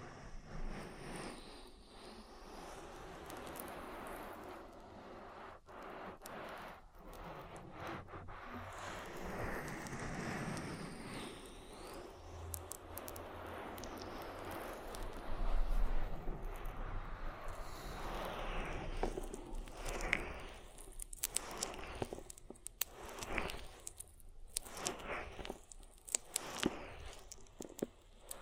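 Oily hands rub and squish over an ear in a dense, continuous rustling with a low rumble underneath. The rubbing swells to its loudest around the middle, then breaks into choppier strokes with sharp wet clicks and pops through the last ten seconds.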